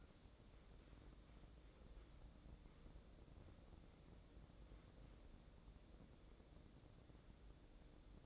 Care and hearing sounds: daily activity, microphone in the room; wipe stove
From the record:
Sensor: 3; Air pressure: 1012.3 hPa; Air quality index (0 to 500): 175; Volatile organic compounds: 3 ppm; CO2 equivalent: 1339 ppm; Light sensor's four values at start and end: 600/1491/616/631 and 600/1491/616/630

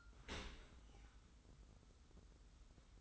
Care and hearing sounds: daily activity, microphone in the room; open dishwasher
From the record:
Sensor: 3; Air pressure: 990.4 hPa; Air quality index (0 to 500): 192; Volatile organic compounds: 1000 ppm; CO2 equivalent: 6266 ppm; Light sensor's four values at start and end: 33/79/32/31 and 34/79/32/31

